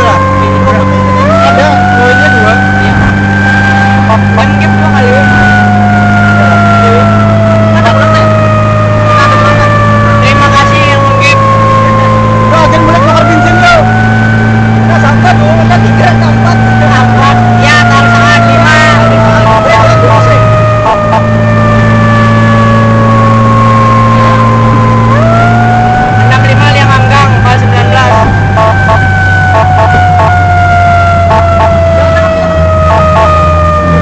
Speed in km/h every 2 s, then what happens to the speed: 83, 85, 87, 91, 92, 93, 94, 96, 96, 98, 94, 96, 98, 91, 80, 76, 71.
0-14 speeds up to 96. 14-24 steady at about 96. 24-34 slows to 71.